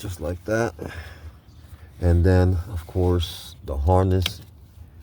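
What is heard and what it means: Someone talks while handling the wiring harness connector for a new fuel vapor leak detection pump being installed as a replacement on a 2011 Toyota Camry 2.5L. The connector is being brought to the pump, but nothing has clicked or seated yet by the end of the clip.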